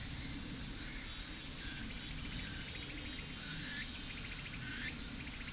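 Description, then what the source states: Insects chirping in rapid pulsed trains at a high pitch, layered over a steady broad hiss with a low rumbling noise underneath. Mainly insect sounds.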